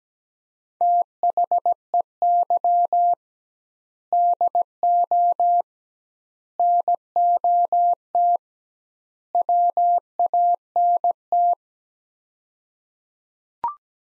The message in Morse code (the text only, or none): THEY DO NOT WANT